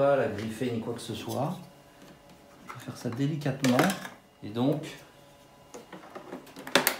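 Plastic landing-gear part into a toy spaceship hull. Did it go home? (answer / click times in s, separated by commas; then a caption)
yes / 6.8 s. Someone talks while opening a small hatch on a large plastic Hasbro HasLab Razor Crest toy spaceship from Star Wars: The Mandalorian, then presses a plastic part, likely a landing-gear leg, into its socket in the hull. A few small plastic ticks lead to a sharp click at 6.8 s, and the part is seated.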